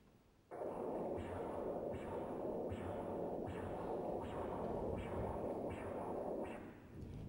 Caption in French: La fréquence que l'on entend, elle est dans l'audible, on devrait entendre une fréquence qui étant proportionnelle à la vitesse du sang, vous indique la manière dont le sang est en train de passer dans les vaisseaux. Ce signal Doppler au fur et à mesure que le sang passe dans les vaisseaux. Quand il passe une sonde Doppler sur le cou ou ailleurs. C'est le sang que l'on aurait ici dans un vaisseau normal.